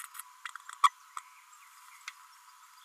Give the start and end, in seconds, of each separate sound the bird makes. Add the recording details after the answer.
0.83-0.90. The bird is a female. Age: 32 days. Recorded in a nest box in Venezuela. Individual 17B32A5